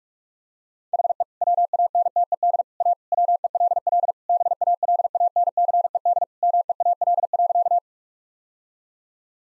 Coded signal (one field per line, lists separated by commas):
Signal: Morse code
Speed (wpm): 46 wpm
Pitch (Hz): 700 Hz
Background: none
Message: HE WANTED A WELL BALANCED MEAL.